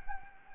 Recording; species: mosquito wingbeat signal from an infrared sensor; Anopheles gambiae